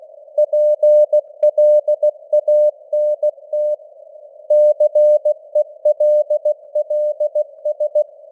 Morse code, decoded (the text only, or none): PLANT CELLS